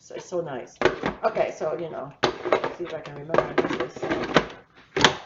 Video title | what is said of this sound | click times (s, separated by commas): Chả giò Cooking Demo | there's a click, and you so I'm just gonna grind it | 5.0 s